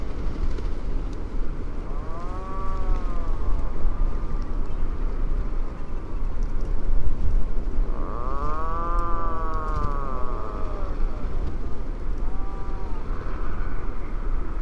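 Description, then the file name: Atlantic puffin giving drawn-out groaning calls, arching moans rising and falling, several in sequence, over a constant heavy low rumbling noise. "macareux moine - fratercula arctica"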